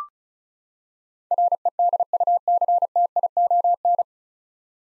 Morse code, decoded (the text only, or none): REDUCTION